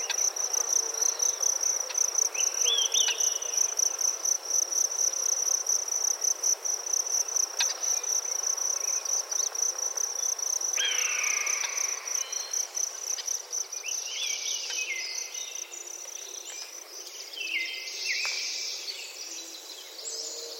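A forest soundscape with a steady, high, rapidly pulsing insect chorus throughout, joined by scattered bird calls that grow busier after ten seconds.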